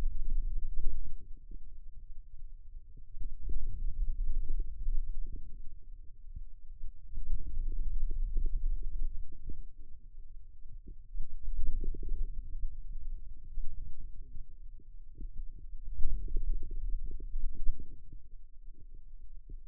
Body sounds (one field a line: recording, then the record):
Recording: forearm muscle sounds (acoustic myography)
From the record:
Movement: finger pinch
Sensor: system 2, bracelet of six BSWA MPA416 microphones around the upper forearm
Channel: 5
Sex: male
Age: 22 years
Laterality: right